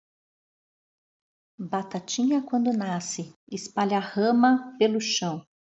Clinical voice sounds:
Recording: short text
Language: Brazilian Portuguese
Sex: female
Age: 50 to 59 years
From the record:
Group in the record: control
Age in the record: 51 years

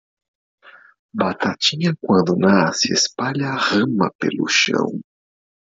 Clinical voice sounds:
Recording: short text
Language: Brazilian Portuguese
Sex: male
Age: 30 to 39 years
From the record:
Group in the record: control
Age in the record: 39 years

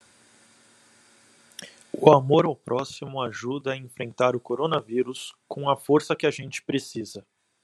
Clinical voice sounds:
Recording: spoken sentence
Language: Brazilian Portuguese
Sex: male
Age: 40 to 49 years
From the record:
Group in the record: control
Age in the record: 40 years

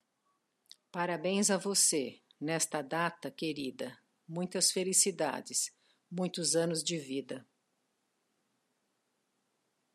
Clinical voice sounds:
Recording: short text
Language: Brazilian Portuguese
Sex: female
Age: 60 to 69 years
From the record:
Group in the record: control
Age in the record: 62 years

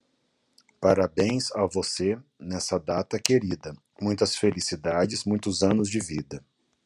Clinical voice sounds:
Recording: short text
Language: Brazilian Portuguese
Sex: male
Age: 30 to 39 years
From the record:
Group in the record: control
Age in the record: 38 years

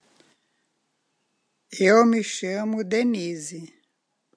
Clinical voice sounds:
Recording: spoken sentence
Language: Brazilian Portuguese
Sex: female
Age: 60 to 69 years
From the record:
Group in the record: control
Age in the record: 68 years

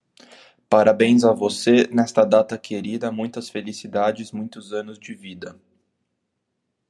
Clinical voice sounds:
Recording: short text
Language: Brazilian Portuguese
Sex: male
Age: 20 to 29 years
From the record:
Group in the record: control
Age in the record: 26 years

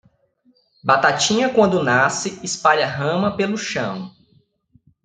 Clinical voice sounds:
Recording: short text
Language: Brazilian Portuguese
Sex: male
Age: 30 to 39 years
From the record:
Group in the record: control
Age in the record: 30 years

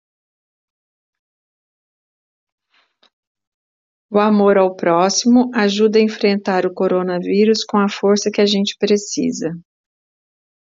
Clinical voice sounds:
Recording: spoken sentence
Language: Brazilian Portuguese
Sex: female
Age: 40 to 49 years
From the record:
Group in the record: control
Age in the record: 46 years

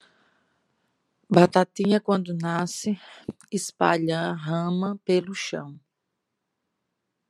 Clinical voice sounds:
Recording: short text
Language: Brazilian Portuguese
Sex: female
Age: 30 to 39 years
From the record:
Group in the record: control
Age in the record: 35 years

